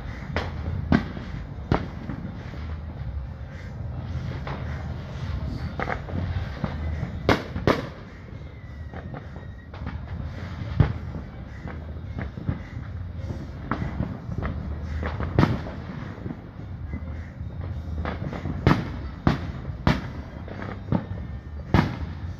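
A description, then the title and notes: Fourth of July fireworks crack as sharp bangs at irregular intervals, some in quick pairs, over a steady low rumble throughout. Sounds of 4th of July.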